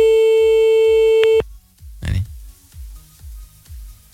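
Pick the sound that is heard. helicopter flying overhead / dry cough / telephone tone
telephone tone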